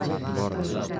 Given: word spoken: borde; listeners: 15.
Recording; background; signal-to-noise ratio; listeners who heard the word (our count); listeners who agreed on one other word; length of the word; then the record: one Spanish word in noise, from a listening test; eight-talker babble; -2.0 dB; 2 of 15; 7 of 15; 0.60 s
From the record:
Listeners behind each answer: 7, 2, 1, 1, 1, 1, 1, 1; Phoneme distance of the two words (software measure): 20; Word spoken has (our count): 2 syllables, 5 phonemes, stress on syllable 1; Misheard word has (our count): 2 syllables, 5 phonemes, stress on syllable 1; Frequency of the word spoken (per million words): 35.63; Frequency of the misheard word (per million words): 17.65